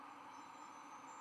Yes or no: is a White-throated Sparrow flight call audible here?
no